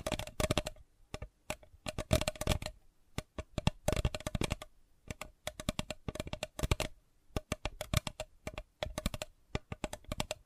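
Sensitive tapping made of quick, crisp clicks that come in irregular bursts, some dense flurries and some single taps with short silences between. Each tap is sharp and bright, with a slight ringing tone under the clicks, like fingertips rapidly tapping a hard object.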